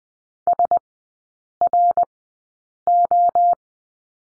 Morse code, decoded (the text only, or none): SRO